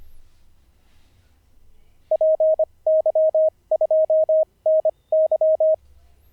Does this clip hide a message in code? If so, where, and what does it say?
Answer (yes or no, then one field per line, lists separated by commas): yes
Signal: Morse code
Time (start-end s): 2.1-5.7 s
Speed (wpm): 25 wpm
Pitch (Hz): 630 Hz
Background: none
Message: PY2NY